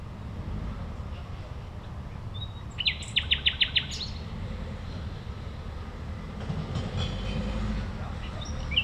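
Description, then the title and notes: Common nightingale song: a quick run of about six loud, sharp notes, then mostly low rumble. A nightingale at a playground on Gartenstraße, Mitte, Berlin, Germany. "nachtigall in der gartenstraße. Mitte, Berlin, Germany. eine nachtigall am spielplatz gartenstraße, a nightingale at playground, gartenstraße"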